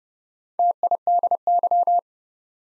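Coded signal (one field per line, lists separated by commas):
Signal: Morse code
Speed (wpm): 30 wpm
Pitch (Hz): 700 Hz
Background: none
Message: TIDY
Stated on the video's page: Morse code practice at 30 wpm, building 4-letter words two letters at a time for instant character recognition.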